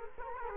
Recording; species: mosquito wingbeat signal from an infrared sensor; Culex quinquefasciatus